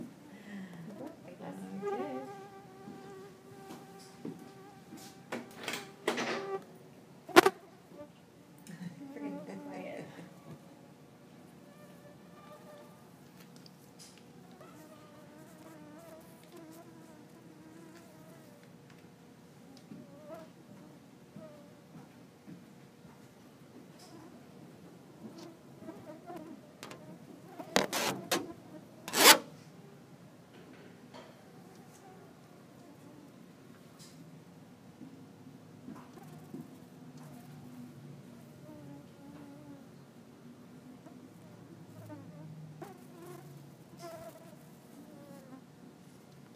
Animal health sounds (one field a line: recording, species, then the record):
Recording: mosquito flight sound by mobile phone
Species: Culex quinquefasciatus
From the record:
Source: SanMateoVCD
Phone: iPhone 4S